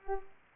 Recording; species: mosquito wingbeat signal from an infrared sensor; Culex pipiens